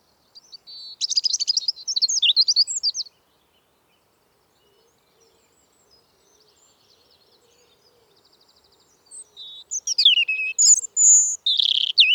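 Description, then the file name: European robin delivering two song phrases of high, liquid warbles and trills, separated by several seconds of near silence. "Erithacus rubecula"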